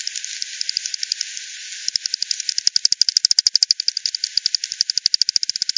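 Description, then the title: Bat echolocation calls as rapid dry ticking that speeds up midway into a fast, even train of clicks, close to ten per second, over faint hiss. Multiple bats at Hogsmill River, Hogsmill Lane, recorded 7 October 2020 at 18:10; frequency-divided by ten, bandpass filtered and resampled. "bat 20201007 T 18 : 10 Z-Hogsmill-Lane-Hogsmill-River-multiple-bats-FD 10"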